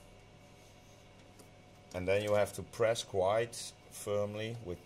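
A new write cache module for an HP ProLiant ML350 G5 server is placed and lined up in its slot on the server board before being pressed home. A low steady hum runs for about two seconds, then someone talks. The module has not seated or clicked yet.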